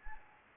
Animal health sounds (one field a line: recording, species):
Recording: mosquito wingbeat signal from an infrared sensor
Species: Anopheles gambiae